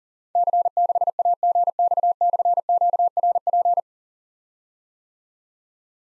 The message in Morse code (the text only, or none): C6AGX/QRP